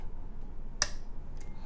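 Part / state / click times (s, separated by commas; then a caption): bobbin case into sewing machine rotary hook / seated / 0.8 s. A metal bobbin case is slid by feel from underneath an industrial sewing machine onto the rotary hook's post and pushed until it clicks into place. A sharp click at 0.8 s marks the case seating correctly, followed by a faint tick at 1.4 s.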